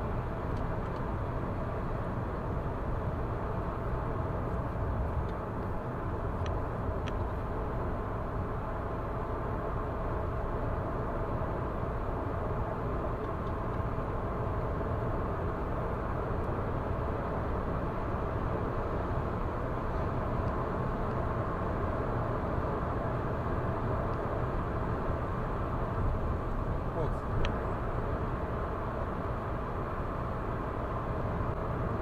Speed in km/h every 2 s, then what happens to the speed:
109, 102, 98, 97, 100, 100, 100, 100, 105, 108, 109, 110, 110, 110, 110, 111.
0-6 slows to 97. 6-19 speeds up to 109. 19-32 steady at about 110.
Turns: none.